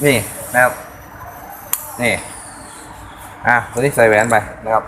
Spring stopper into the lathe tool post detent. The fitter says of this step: บางคนอาจจะไม่รู้นะครับนี่มันจะดังแก๊กนี่มั้ครับ